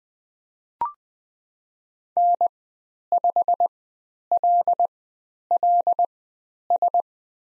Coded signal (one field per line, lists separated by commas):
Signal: Morse code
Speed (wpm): 20 wpm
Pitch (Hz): 700 Hz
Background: none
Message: N5LLS